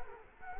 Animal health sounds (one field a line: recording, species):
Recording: mosquito wingbeat signal from an infrared sensor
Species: Culex quinquefasciatus